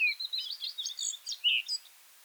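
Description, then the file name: Eurasian blackcap uttering a short hurried warble of jumbled high notes, with one louder fluted note near the end. "Sylvia atricapilla"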